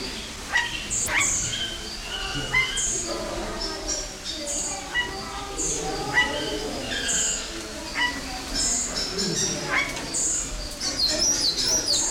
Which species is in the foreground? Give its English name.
Golden Myna